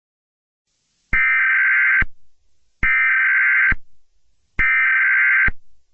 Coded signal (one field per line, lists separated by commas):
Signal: Emergency Alert System (SAME) tones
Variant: header bursts